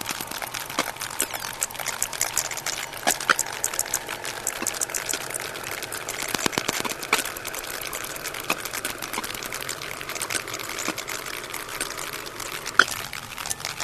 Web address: earth naturelibrary. sperm whale